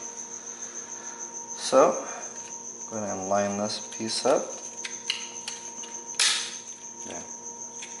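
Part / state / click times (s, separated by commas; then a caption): side grill into its mounting bracket / seated / 5.1 s, 6.2 s. An M3's plastic side grill is lined up with its plastic bracket piece and pressed together while someone talks over a steady high-pitched background tone. Sharp snaps at 5.1 s and 6.2 s mark the grill locking into the bracket, leaving it seated and locked in place.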